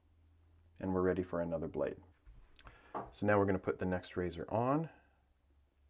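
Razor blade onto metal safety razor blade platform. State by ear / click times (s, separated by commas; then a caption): not seated / none. Someone talks while handling the next thin metal razor blade as it is placed onto the metal platform of a multi-blade safety razor, with a couple of faint, brief handling ticks around 2.6 s between the speech. The blade has not seated or popped into place yet; nothing has clicked by the end of the clip.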